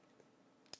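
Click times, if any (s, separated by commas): 0.7 s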